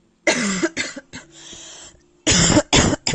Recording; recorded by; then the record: voluntary cough; messaging app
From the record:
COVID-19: negative